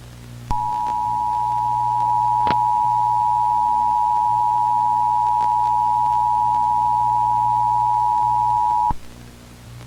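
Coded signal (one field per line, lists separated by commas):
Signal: Emergency Alert System (SAME) tones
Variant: 853 and 960 Hz attention tone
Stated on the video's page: Fictional analog horror spoof EAS scenario.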